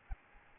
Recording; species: mosquito wingbeat signal from an infrared sensor; Aedes albopictus